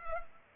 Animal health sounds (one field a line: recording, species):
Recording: mosquito wingbeat signal from an infrared sensor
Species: Culex pipiens